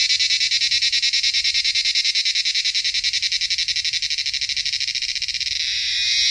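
Cicada call, a loud rapidly pulsing buzz that smooths into a steadier drone near the end.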